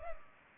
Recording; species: mosquito wingbeat signal from an infrared sensor; Culex pipiens